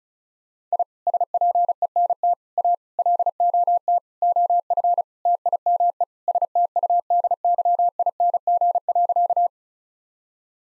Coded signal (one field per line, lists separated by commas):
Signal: Morse code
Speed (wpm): 36 wpm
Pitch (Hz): 700 Hz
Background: none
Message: I SPENT A LOT OF TIME STUDYING.